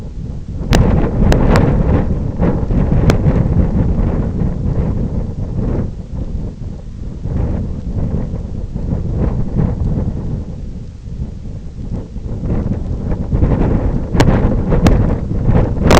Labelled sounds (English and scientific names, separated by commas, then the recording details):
none
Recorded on Arctic tundra, site IGLO-F, on 26 June 2018
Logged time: 08:00